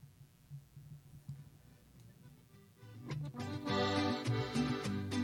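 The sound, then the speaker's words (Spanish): A radio station jingle (cortinilla), a classic part of the program's soundtrack, starts with soft, low thudding pulses in a steady beat, then swells around three seconds in into louder, fuller music with bright rhythmic accents. No one speaks. “Nos vamos a ir con esto, que es ya parte clásica de la banda sonora. Vámonos con esta cortinilla.”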